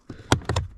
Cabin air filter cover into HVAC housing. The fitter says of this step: one two clicks in